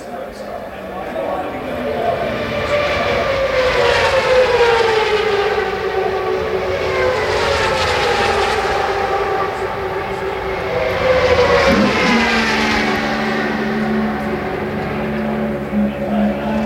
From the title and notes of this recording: The Sounds of Fontana IndyCar, 1998. The CART IndyCar Series event on the Fontana superspeedway. The mighty 2.65-liter turbocharged V8s that made thrilling speed and sounds at the event.